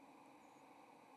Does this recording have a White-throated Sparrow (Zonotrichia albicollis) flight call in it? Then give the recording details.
no. Another species' flight call is heard. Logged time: 07:58 on 30 October 2014